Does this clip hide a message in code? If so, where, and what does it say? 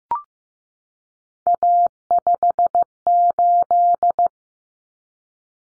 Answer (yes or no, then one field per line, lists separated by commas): yes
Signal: Morse code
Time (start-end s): 1.5-4.3 s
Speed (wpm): 14 wpm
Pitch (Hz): 700 Hz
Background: none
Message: A58